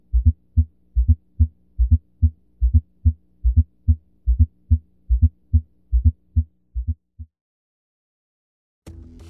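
Steady paired low thumps, about 72 a minute: adult heart sounds heard on cardiac auscultation with a stethoscope. A brief unrelated sound follows.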